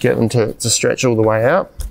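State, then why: Not seated. Someone talks while handling the three-section back frame of an aluminium BlackWolf Quick Fold Lightweight Chair, stretching the sections out under tension so their little locking pins can lock into place. Nothing has seated or clicked yet.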